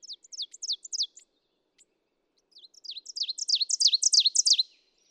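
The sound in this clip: Ovenbird: one series of repeated phrases, a short pause, then a second song that starts quietly and swells to a loud finish.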